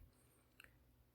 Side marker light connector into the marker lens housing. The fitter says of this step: it can only go in one way so you're going to want to push it in make sure you hear that little click